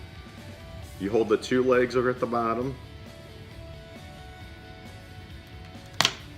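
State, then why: Released. Someone talks while holding the two plastic legs at the bottom of a glucose sensor inserter, then the inserter's plastic casing pops right off with a sharp click at 6.0 s. A faint steady tone runs underneath, and the casing is released.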